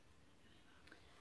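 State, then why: Seated. The clasp of a cheap gold-plated nail-style bangle, priced around 2 €, is clipped shut into its catch. Two quick, faint clicks come at 0.9 s and again at 0.9 s over a low steady background. The clasp seats closed.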